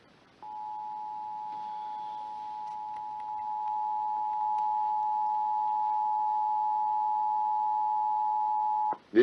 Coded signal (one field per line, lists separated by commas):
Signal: Emergency Alert System (SAME) tones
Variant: 853 and 960 Hz attention tone